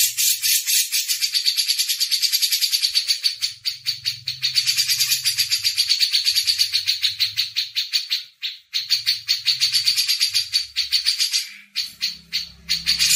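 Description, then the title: Grey-cheeked bulbul singing a nearly unbroken, rapid chatter of buzzy high notes throughout. Masteran recording: training audio for songbirds. "MASTERAN CUCAK JENGGOT"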